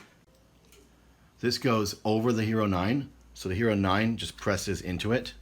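A GoPro Hero 9 action camera is handled as it is about to be pressed into its plastic floating protective case, with faint handling ticks near 0.7 s before someone talks. Nothing has seated or clicked into place yet.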